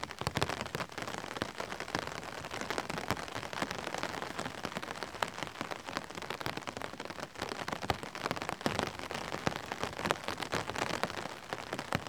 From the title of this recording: Drops on the Umbrella